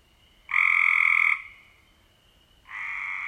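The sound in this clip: Cope's gray treefrog calling with a harsh, rapid buzzing trill lasting nearly a second, followed by a second softer trill starting after a short pause.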